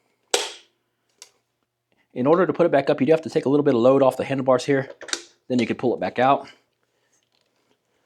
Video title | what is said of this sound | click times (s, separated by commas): Review - EcoRoad ES4 800-Watt Electric Scooter | It'll lock into place down at the bottom. | 0.3 s